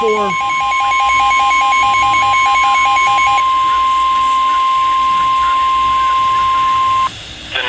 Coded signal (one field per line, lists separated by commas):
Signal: Emergency Alert System (SAME) tones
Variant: 1050 Hz attention tone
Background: speech